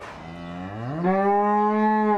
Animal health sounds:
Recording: contact call of a hoofed animal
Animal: cattle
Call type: low-frequency (closed-mouth) or high-frequency (open-mouth) call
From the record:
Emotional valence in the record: negative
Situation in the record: full separation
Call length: 2.3 s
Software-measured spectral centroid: 1010 Hz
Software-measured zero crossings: 1340 a second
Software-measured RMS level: -23 dBFS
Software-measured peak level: -10 dBFS

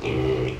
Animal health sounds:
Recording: contact call of a hoofed animal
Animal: pig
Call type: closed-mouth grunt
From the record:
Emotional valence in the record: negative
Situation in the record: short social isolation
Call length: 0.61 s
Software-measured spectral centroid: 1590 Hz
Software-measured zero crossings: 1260 a second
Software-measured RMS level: -24 dBFS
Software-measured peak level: -13 dBFS

